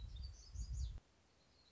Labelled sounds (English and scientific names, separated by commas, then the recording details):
Black-throated Gray Warbler (Setophaga nigrescens)
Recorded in Sonoma County, California